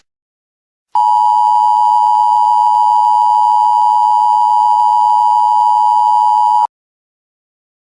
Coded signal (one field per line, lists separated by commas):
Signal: Emergency Alert System (SAME) tones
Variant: 853 and 960 Hz attention tone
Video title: Hell (2020) (EAS Scenario)